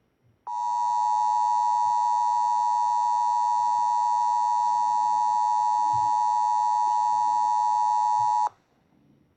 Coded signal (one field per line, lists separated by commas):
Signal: Emergency Alert System (SAME) tones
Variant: 853 and 960 Hz attention tone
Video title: Rage Quit: WaterFanatic Goes Insane (EAS Scenario)